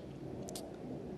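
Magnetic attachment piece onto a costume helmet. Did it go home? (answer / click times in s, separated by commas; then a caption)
yes / 0.5 s, 0.6 s. A detachable magnetic attachment piece on a costume helmet is taken off and put back on, giving two sharp clicks at 0.5 s and 0.6 s over a steady low background hum. The piece snaps into place and is seated, held by its magnets.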